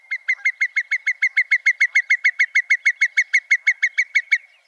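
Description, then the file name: Whimbrel giving a rapid rippling whinny of many even, clear whistled notes on one steady pitch, run together over about four seconds. "John Neville - Whimbrel"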